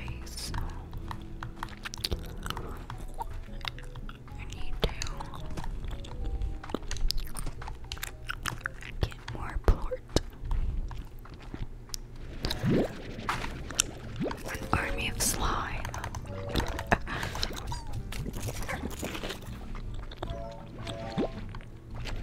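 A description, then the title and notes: Wet gum chewing and mouth sounds come in quick, irregular clicks and smacks throughout, with a few sharper snaps near 10 and 13 seconds. Beneath them runs soft layered game music with steady low tones and light melodic notes. Gum Chewing Mouth Sounds.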